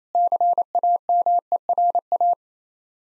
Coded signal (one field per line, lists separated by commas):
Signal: Morse code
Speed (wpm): 29 wpm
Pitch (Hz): 700 Hz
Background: none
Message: CAMERA